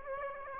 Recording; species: mosquito wingbeat signal from an infrared sensor; Aedes aegypti